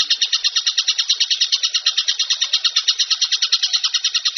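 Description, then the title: Bird song as a fast, continuous high-pitched chatter, throbbing in quick regular pulses, with nothing else audible. Most complete masteran compilation for training songbirds. "Masteran burung terlengkap"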